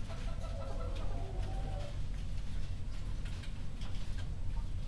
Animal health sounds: poultry house recording; healthy chickens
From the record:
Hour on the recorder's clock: 21

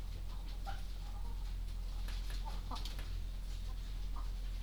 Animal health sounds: poultry house recording; sick chickens (respiratory disease)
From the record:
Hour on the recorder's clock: 22

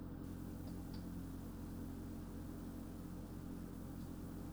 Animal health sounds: poultry house recording; no chicken sound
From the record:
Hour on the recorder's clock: 2

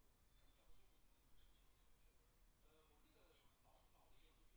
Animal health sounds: poultry house recording; no chicken sound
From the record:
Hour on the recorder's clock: 17

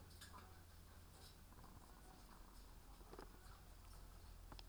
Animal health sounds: poultry house recording; sick chickens (respiratory disease)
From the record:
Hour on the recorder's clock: 16

